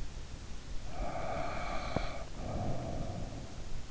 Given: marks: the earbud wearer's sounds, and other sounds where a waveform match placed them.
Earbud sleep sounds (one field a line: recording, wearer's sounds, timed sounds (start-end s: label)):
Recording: sounds in sleep by an in-ear microphone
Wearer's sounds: breath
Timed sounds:
0.88-3.61 s: breath